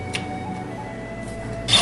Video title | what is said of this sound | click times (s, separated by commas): Beorn's Tent: Necklaces (Christmas Special) - Episode 3 | you put a good size drill bit in here and then you turn this until it clicks | 0.2 s